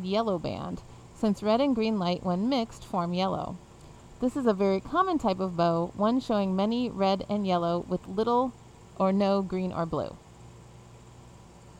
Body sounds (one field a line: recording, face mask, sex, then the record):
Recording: reading aloud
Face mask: surgical mask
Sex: female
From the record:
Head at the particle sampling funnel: facing it